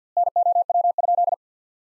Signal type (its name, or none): Morse code